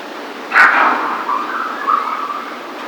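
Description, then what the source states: Raccoon call: an abrupt, strained cry followed by a long, thin, wavering whine, over a steady background hiss. Recorded on 4 November 2009.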